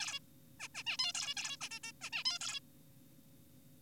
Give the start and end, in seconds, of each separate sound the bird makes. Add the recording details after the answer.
0.01-0.19, 0.60-0.68, 0.75-0.83, 0.87-0.97, 0.99-1.12, 1.15-1.34, 1.37-1.57, 1.61-1.68, 1.71-1.79, 1.84-1.92, 2.01-2.10, 2.12-2.24, 2.25-2.39, 2.41-2.60. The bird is an adult. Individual g4p5U